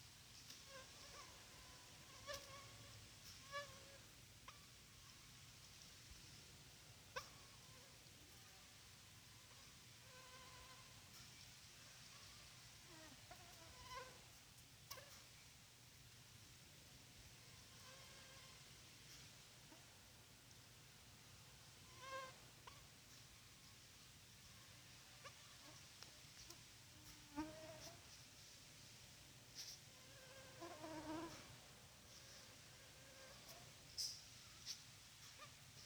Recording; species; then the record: mosquito flight sound by mobile phone; Culex pipiens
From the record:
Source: SanMateoVCD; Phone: Sony Xperia